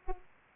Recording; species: mosquito wingbeat signal from an infrared sensor; Aedes aegypti